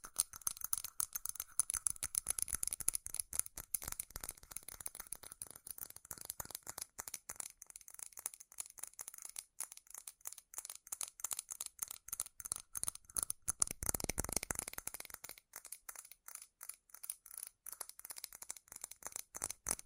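Fast, dense metal tapping runs throughout, bright clicky strikes in rapid irregular bursts, with a faint ringing tone underneath and a heavier flurry near fourteen seconds.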